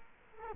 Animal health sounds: mosquito wingbeat signal from an infrared sensor; Culex quinquefasciatus

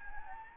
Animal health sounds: mosquito wingbeat signal from an infrared sensor; Anopheles gambiae

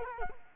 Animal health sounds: mosquito wingbeat signal from an infrared sensor; Culex quinquefasciatus

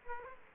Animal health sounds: mosquito wingbeat signal from an infrared sensor; Aedes aegypti

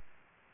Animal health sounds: mosquito wingbeat signal from an infrared sensor; Aedes aegypti

